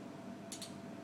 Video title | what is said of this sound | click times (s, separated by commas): Training 3 | go screw it in until the moment you hear those clicks, | 0.5 s, 0.6 s